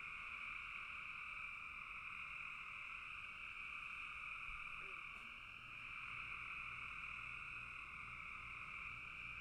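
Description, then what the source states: Frogs in full chorus, a continuous bright trilling drone in two pitch layers, briefly dipping midway, with a low rumble and a soft knock. Frogs in a bog.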